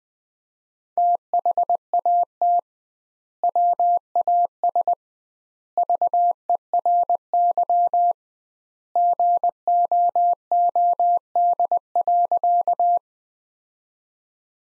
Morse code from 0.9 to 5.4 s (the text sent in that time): THAT WAS